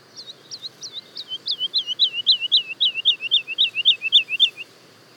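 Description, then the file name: Woodlark song: a rapid series of many looping, liquid notes, starting soft and swelling louder, then stopping. Daytime song and duet recorded at Le Puech, France. "alouette lulu chant de jour et duett Le Puech F"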